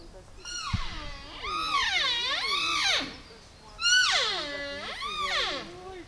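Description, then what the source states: Siberian wapiti calls: two long, wavering, whining cries that rise and fall repeatedly in pitch, each lasting over a second, with a short pause between them. Female.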